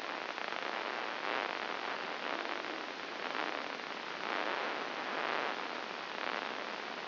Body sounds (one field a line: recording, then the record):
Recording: brain microelectrode recording played as sound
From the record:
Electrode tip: inside the subthalamic nucleus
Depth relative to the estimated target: 2 mm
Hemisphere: right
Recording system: AlphaMap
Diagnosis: Parkinson's disease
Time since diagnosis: 8 years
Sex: male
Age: 57 years